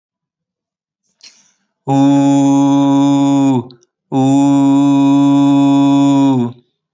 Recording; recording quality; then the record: sustained vowel as in boot; excellent, no background noise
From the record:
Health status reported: healthy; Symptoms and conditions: none ticked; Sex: male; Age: 33 years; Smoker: not ticked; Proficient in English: yes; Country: India